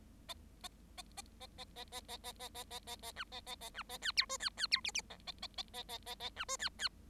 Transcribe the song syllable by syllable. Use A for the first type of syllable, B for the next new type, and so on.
A A A A A A A A A A A A A A A B A A A B A C D E C C D F F G A A A A A A A B E C C